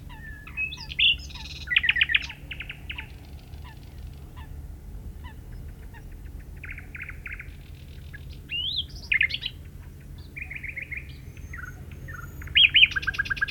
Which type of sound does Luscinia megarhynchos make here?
song